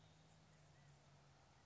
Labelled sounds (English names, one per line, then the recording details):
California Quail
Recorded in Sonoma County, California